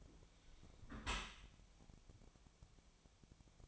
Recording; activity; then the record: daily activity, microphone in the room; close dishwasher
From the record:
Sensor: 1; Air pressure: 1006.8 hPa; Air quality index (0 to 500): 207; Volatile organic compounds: 23 ppm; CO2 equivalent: 2792 ppm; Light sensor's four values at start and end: 13/33/13/14 and 13/33/13/14